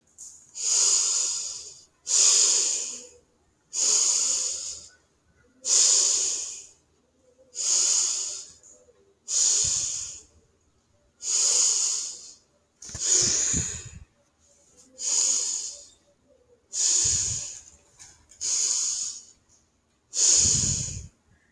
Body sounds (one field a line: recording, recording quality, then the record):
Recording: deep breathing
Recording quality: excellent, no background noise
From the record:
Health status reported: healthy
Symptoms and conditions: none ticked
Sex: female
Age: 30 years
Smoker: not ticked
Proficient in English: yes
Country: India